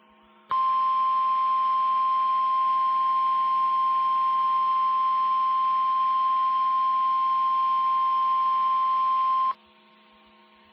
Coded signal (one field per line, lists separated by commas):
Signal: Emergency Alert System (SAME) tones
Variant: 1050 Hz attention tone